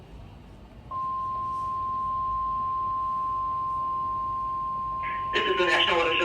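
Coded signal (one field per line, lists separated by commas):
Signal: Emergency Alert System (SAME) tones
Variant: 1050 Hz attention tone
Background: speech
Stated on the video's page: Weather radio activation compilation: tornado watch, severe thunderstorm, flash flood and tornado warnings.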